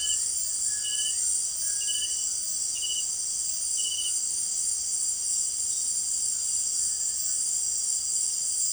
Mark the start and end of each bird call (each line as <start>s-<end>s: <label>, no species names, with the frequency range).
0.00s-2.24s: bird call (1.1-2.5 kHz)
6.74s-7.44s: bird call (1.4-2.2 kHz)